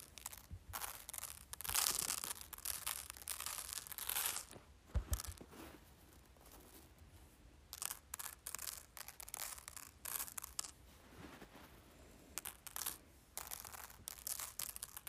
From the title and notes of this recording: ASMR Playing with Rice.